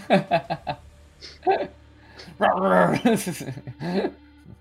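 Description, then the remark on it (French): A human voice mimics a struggling dog barking at someone, letting out a quick run of short, sharp barks, then a longer, rougher growling bark followed by a few more yaps, fairly loud throughout. “Il se débat, il te aboie dessus, mais comme pas possible”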